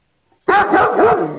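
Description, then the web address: Dog barking, a single drawn-out harmonic bark with a wavering pitch after a moment of silence. "cao a ladrar som de cao a ladrar ouvir"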